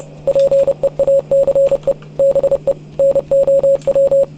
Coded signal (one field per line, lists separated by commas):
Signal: Morse code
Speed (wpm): 30 wpm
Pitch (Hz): 550 Hz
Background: none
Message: PEACE BE NOW